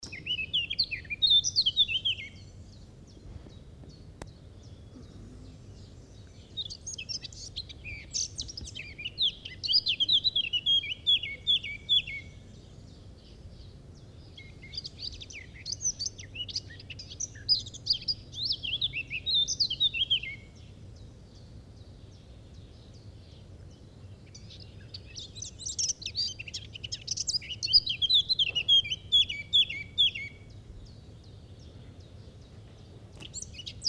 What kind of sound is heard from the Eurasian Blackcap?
song